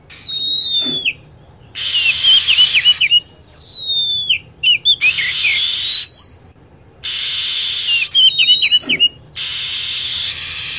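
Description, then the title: Lovebird calls: piercing descending whistles and quick stuttered chirps, alternating with harsh hiss blocks. Lure sound used to attract lovebirds. "PIKAT BURUNG LOVEBIRD"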